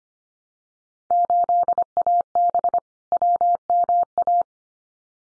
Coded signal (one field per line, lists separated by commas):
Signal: Morse code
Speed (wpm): 25 wpm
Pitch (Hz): 700 Hz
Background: none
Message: 8AB WMA